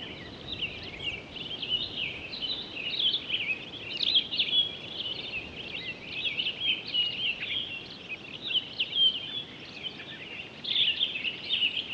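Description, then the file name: Townsend's solitaire singing a long, continuous, high warbling song of rapid varied notes, barely pausing for twelve seconds, with soft background hiss. Recorded 23 October 2011. "20111023 townsends-solitaire"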